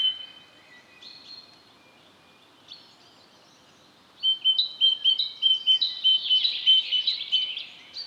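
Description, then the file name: Great tit song: faint thin notes at first, then loud ringing two-note phrases repeated quickly for the last four seconds, with some overlapping chatter. "Parus major"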